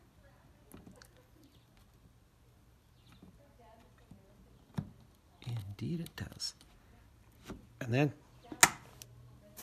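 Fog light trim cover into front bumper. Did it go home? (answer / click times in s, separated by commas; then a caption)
yes / 8.6 s. On a 2013 BMW X3, a plastic fog light trim cover is pushed into the front bumper while someone talks, with soft handling and pressing noises building up. A sharp, loud snap at 8.6 s marks the trim seating in place.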